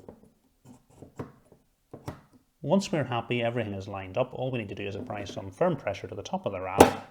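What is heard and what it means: A RAM memory module is lined up with a motherboard DIMM slot before being pressed in, during a Cooler Master NR200P air-cooled PC build. Light handling taps sound at about 0.1, 1.2, 1.5, 1.9 and 2.1 seconds, then someone talks for the rest of the clip. The module has not seated or clicked yet.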